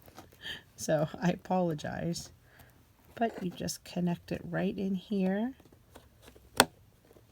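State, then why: Seated. Someone talks while pushing the air tube's plastic connector, which has gold contact plates, into the port on the back of a ResMed AirSense 10 CPAP machine. A sharp, loud click sounds at 6.6 s as the connector seats in the port.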